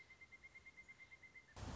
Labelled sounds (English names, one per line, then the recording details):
Pileated Woodpecker
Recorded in Sonoma County, California